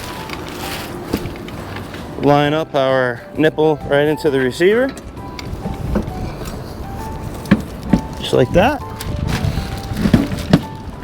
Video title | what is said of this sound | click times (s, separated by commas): Pride PX4 Mobility Scooter 📦 Unboxing & Assembly Tutorial | locks into place you know it's in give it a little rotation that way you know it's all set up | 10.5 s